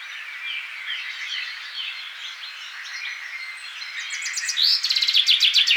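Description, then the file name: Common chaffinch starting a rapid trill of repeated notes near the end, after several seconds of soft mixed birdsong in the background. "Fringilla coelebs"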